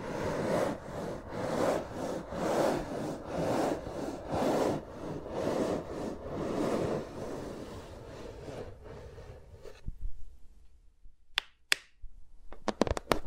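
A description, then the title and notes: Fingers rub and brush against microphones in a steady, dense rhythm, with soft swells about every second for the first seven seconds. The rubbing thins and fades around nine seconds, leaving near silence broken by a few sharp taps and clicks toward the end. ASMR with Mics Around My Fingers (No Talking).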